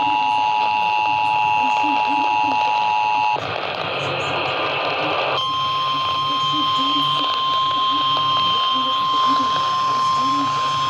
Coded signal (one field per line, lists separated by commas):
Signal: Emergency Alert System (SAME) tones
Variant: 853 and 960 Hz attention tone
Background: speech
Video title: THEN A WARNINGS FOR ALL COUNTIES EAS Alerts from 8/18/22